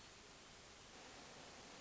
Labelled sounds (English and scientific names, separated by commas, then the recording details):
Hermit Thrush (Catharus guttatus)
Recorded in Sonoma County, California